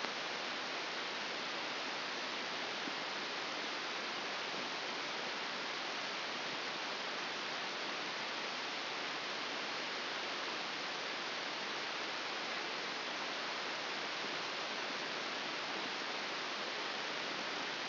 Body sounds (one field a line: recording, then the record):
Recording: brain microelectrode recording played as sound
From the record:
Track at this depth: inside the subthalamic nucleus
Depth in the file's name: 1.1 mm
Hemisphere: left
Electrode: 2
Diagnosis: Parkinson's disease